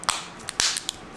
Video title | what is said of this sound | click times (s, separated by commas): How To Replace Kia Key Battery (Works for Hyundai Too! 2015+) | make sure it's snapped everywhere reinsert your key | 0.1 s, 0.6 s